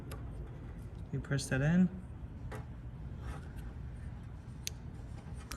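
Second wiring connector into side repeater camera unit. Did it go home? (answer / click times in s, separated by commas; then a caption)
yes / 4.7 s, 5.5 s. A second plastic wiring connector is pressed into the side front Autopilot repeater camera and turn signal unit of a Tesla Model S/3/X/Y while someone talks. Sharp clicks are heard at 4.7 s and 5.5 s, and the connector is seated.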